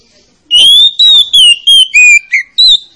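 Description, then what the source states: Oriental magpie-robin song: seven ringing whistled notes in quick sequence, some gliding down, others level, each sharply separated. Played as a lure to coax a reluctant, lazy-singing magpie-robin into singing.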